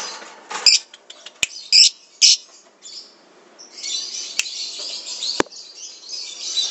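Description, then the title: Lovebird giving a few loud, sharp chirps followed by a long, rasping, buzzy chatter, with occasional clicks in the background. Lovebird described as a national champion; recording used as a masteran, a training recording for other birds. "MASTERAN BURUNG. Suara LoveBird Juara Nasional"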